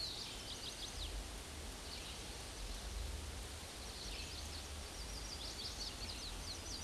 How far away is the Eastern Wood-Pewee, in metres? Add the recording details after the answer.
about 30 m. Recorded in a Pennsylvania forest on 18 May 2023 at 11:25. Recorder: AudioMoth, point grid1_12_low. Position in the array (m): 187 m, 145 m